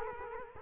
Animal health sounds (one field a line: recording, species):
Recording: mosquito wingbeat signal from an infrared sensor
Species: Culex quinquefasciatus